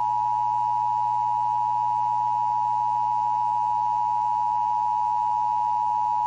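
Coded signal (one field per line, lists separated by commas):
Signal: Emergency Alert System (SAME) tones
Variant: 853 and 960 Hz attention tone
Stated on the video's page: Real Emergency Broadcast System test aired on a Baltimore TV station in 1991.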